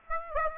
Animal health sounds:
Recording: mosquito wingbeat signal from an infrared sensor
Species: Aedes aegypti

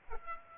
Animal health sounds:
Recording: mosquito wingbeat signal from an infrared sensor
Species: Aedes aegypti

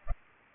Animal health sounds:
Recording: mosquito wingbeat signal from an infrared sensor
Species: Culex pipiens

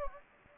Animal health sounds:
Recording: mosquito wingbeat signal from an infrared sensor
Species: Anopheles gambiae

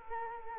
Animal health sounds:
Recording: mosquito wingbeat signal from an infrared sensor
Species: Culex quinquefasciatus

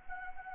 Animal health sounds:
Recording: mosquito wingbeat signal from an infrared sensor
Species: Anopheles arabiensis

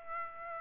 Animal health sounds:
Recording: mosquito wingbeat signal from an infrared sensor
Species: Aedes aegypti

